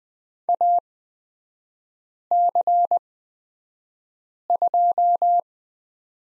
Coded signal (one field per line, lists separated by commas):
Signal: Morse code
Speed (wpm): 20 wpm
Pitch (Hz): 700 Hz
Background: none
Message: AC2